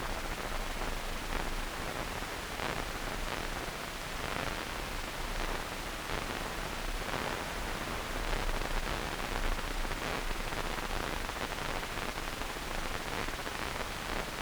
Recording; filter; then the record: brain microelectrode recording played as sound; wide band, above 20 Hz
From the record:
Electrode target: subthalamic nucleus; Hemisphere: right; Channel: 2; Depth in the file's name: 1.506 mm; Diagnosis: Parkinson's disease